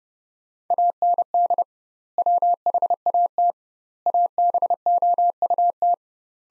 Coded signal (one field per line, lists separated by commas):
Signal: Morse code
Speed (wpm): 30 wpm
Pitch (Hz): 700 Hz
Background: none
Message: AND WHAT ABOUT